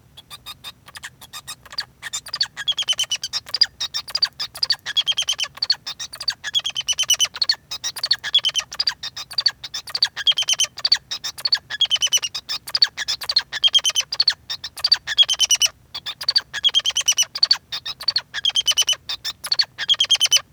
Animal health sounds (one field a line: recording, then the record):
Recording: song of a male Bengalese finch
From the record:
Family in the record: son of father 2